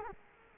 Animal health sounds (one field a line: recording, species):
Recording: mosquito wingbeat signal from an infrared sensor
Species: Culex quinquefasciatus